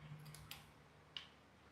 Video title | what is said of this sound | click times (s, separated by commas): Lami Kairo is live! | And there has to be a click sound. Yeah. | 1.2 s